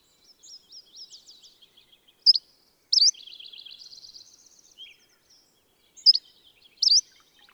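Bird song: soft high twittering phrases, then loud, sharp upswept chirps in two pairs, with a rapid trilled passage between the pairs.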